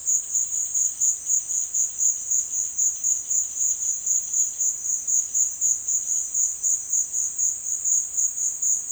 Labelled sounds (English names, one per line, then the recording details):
none
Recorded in secondary vegetation near Puerto Asís, Putumayo, Colombia, on 22 June 2025 at 16:00
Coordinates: 0.499, -76.323
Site G077